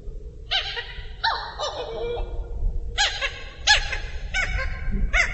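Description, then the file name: Hawaiian petrel calling, several harmonic yelping honks with wavering pitch, repeated irregularly, against steady low rumble. "Uau Hawaiian Petrel"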